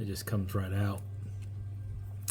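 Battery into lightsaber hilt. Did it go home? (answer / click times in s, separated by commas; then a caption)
yes / 2.3 s. Someone talks while a battery is pushed back into its slot in the electronics of an Ignition Sabers Occularis lightsaber hilt. After a stretch of quiet, a sharp, loud snap is heard at 2.3 seconds as the battery snaps back in and seats.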